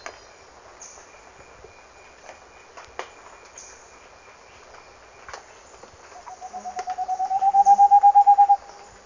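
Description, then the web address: Moustached Antpitta series of rapid hollow hoots, crescendoing and slightly rising, heard near the end after several seconds of hiss and scattered clicks. Ecuador. "Birds of Ecuador. Moustached Antpitta"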